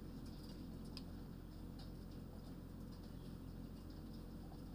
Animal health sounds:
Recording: poultry house recording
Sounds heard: healthy chickens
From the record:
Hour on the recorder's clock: 21

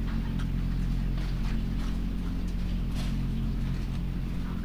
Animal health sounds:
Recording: poultry house recording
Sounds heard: sick chickens (respiratory disease)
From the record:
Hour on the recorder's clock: 20

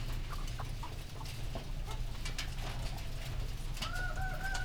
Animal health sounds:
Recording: poultry house recording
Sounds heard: healthy chickens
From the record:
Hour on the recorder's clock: 18

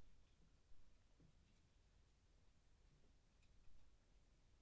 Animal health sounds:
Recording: poultry house recording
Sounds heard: no chicken sound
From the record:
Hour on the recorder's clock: 23

